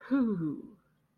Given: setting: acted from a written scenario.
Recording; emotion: vocal sound without words; serenity